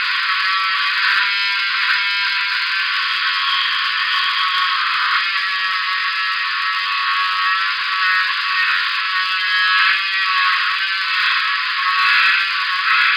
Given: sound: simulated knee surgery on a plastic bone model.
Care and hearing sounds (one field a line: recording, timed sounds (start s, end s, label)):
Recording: surgical tools on bone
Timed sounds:
0.00	13.17	sawing